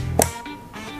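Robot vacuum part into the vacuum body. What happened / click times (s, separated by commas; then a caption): The plastic part snapped into place when pressed / 0.2 s. A robot vacuum part is placed into the vacuum body of a Xiaomi Robot Vacuum S40C and pressed down until it seats. A single loud, sharp click sounds at 0.2 s over a low background hum, and the part clicks home, confirmed seated.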